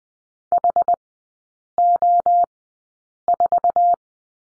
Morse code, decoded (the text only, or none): HO4